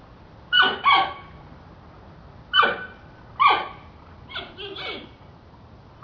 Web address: som de panda a tentar dizer algo a guinchar